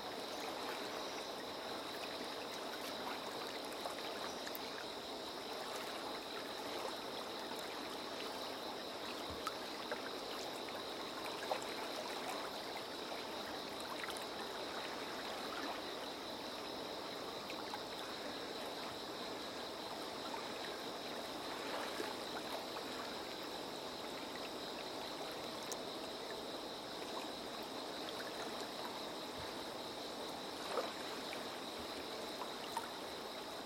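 A river runs steadily with a dense, even rush of water that holds level for the whole stretch. Faint splashes and small trickles surface now and then over the flow, and a thin, high steady tone hangs above it throughout.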